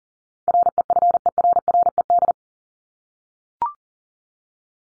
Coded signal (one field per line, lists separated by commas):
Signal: Morse code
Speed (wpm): 40 wpm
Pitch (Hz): 700 Hz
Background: none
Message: REFERRED